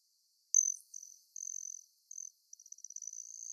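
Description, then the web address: Broad-tailed hummingbird giving a sharp high chip, then thin buzzy notes and a rapid stuttering trill. Recorded in Arizona. "Hummingbirds Swifts BTLH deviche"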